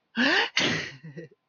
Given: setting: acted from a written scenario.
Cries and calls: vocal sound without words; positive surprise

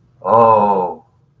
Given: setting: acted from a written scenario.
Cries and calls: vocal sound without words; awe

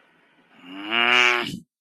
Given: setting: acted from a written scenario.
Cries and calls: vocal sound without words; anger

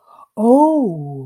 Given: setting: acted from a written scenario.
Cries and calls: vocal sound without words; interest

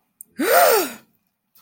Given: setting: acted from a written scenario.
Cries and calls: vocal sound without words; fear

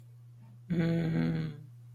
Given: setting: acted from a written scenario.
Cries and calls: vocal sound without words; romantic love

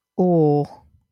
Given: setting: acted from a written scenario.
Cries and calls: vocal sound without words; embarrassment

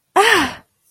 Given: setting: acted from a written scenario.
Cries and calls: vocal sound without words; fear

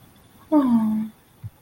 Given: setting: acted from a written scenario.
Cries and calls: vocal sound without words; awe

